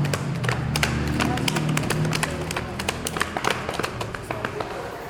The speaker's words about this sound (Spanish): A lo lejos, escuchó las pisadas de un caballo.